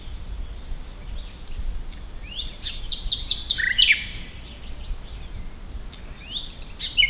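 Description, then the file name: Common nightingale song: a thin sustained whistle, then a burst of rapid repeated notes and further short phrases, with a steady low background rumble. "Luscinia megarhynchos"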